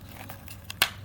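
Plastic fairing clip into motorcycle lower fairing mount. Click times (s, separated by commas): 0.8 s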